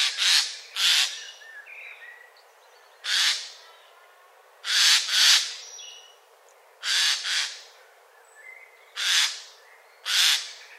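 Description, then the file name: Eurasian jay harsh screeches, single and doubled, repeated every one to two seconds, while soft thin whistles sound in the gaps. "Garrulus glandarius"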